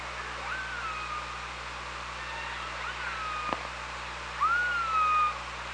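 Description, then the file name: Killer whale calls, faint tonal cries early on, a sharp click near the middle, then a clearer rising-and-falling cry at the end, all over constant underwater hiss and low hum. Recorded by the OrcaLab hydrophone on 24 August 2017 at 15:39. "Orca Lab UTLN JASON 20170824 153922"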